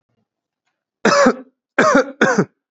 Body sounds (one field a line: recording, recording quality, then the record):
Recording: heavy voluntary cough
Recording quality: excellent, no background noise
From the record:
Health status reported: exposed to COVID-19, no respiratory illness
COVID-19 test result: negative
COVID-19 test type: RT-PCR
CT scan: not taken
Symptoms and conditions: none ticked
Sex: male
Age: 22 years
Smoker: no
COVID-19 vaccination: one dose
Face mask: worn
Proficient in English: yes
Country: India